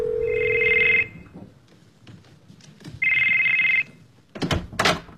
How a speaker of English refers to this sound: sorry. Your phone rang. What? You missed a call.